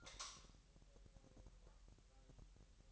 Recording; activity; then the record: daily activity, microphone in the room; light off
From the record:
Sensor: 3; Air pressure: 1001.9 hPa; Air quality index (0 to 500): 249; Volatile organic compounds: 52 ppm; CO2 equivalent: 3321 ppm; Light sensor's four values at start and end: 12/33/13/12 and 6/13/5/5